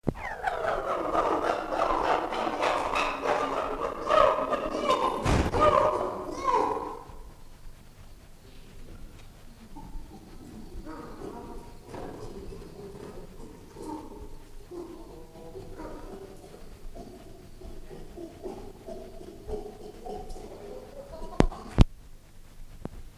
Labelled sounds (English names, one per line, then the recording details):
Chimpanzee
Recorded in captivity
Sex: diverse
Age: adult
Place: Zoo Berlin, Berlin, DE
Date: 1959-01-07 16:30
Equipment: Reporter (Vollspur)
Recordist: Tembrock, Günter